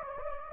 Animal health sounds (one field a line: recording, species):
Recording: mosquito wingbeat signal from an infrared sensor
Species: Anopheles gambiae